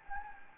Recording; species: mosquito wingbeat signal from an infrared sensor; Anopheles gambiae